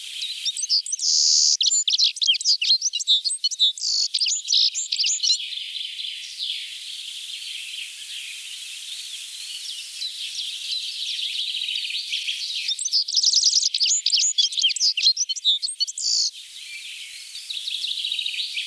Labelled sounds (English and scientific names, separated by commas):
Citril Finch (Carduelis citrinella) song